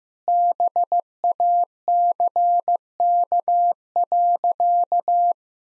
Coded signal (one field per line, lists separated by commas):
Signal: Morse code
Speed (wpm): 16 wpm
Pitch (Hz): 700 Hz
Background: none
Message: BACK.